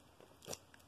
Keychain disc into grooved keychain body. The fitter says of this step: it snaps right in like that